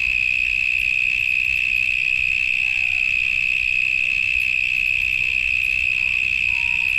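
Cicadas producing a continuous high, even drone with no pauses, holding steady throughout.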